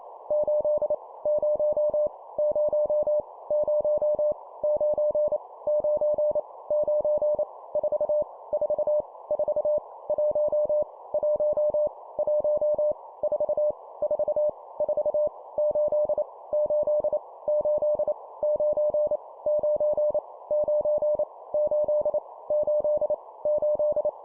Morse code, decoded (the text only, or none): 8 0 0 0 9 9 9 4 4 4 1 1 1 4 4 4 8 8 8 9 9 9 8 8 8